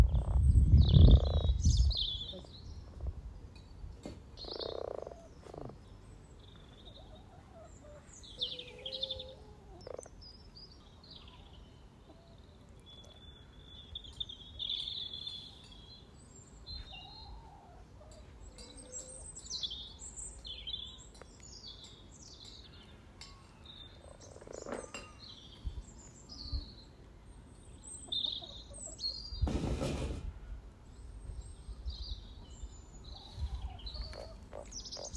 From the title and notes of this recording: Frog chorus captured on 17th March 2023, Freshfield Formby Merseyside, UK. We have 2 ponds in the garden. The sunny pond has a chorus of 20 frogs some floating, some sitting on the piles of frog spawn that have only recently been laid. This recording captures the frogs welcoming the arrival of the female frogs.